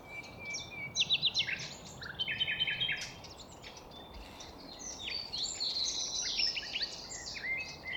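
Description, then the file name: Common nightingale singing varied phrases: a long thin whistle, quick trilled note bursts and rich chattering runs, with a constant low environmental hum underneath. More than one nightingale, city park in the Netherlands, evening at 7:33 pm, 17 April 2022. "Nightingales Citypark Clean Nl 733 pm 220417"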